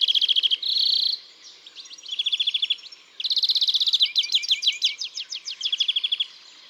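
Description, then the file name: European greenfinch with fast, high, rattling trills and twitters run together, a short nasal wheeze early on, then rising and falling chirped notes. "Chloris chloris"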